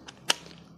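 The chuck sleeve of a Daewoo 3.6 V lithium cordless screwdriver is pulled back to unlock the bit. A faint tick at about 0.1 s is followed by one loud, sharp snap at 0.3 s as the bit releases from the chuck, then only quiet low hum remains.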